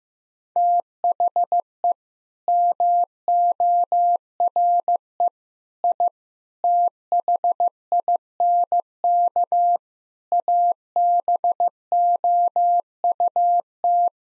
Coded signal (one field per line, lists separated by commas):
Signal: Morse code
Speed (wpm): 15 wpm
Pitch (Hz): 700 Hz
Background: none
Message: THE MORE I THINK ABOUT